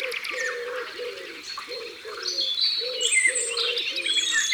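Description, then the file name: Wood pigeon cooing: low, soft coos in a repeated phrase, set against a busy chorus of higher chirping and warbling birds. Recorded by the water. "Pigeon ramier Au bord de leau"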